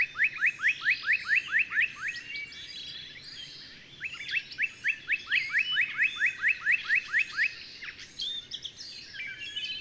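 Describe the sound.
Bird singing fast runs of sharp rising notes that break off and restart, with higher chirping in the background.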